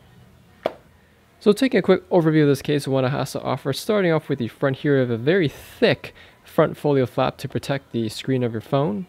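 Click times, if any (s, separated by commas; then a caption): 0.7 s. A replica iPhone 11 is pressed button side first, volume rockers leading, into a Speck Presidio Folio case for the iPhone 11 Pro / Max, and the rubber-bordered case edge pops over the phone with a sharp click at 0.7 s, seating it in place. After a short pause, someone talks.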